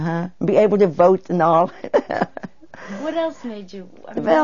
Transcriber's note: she laughs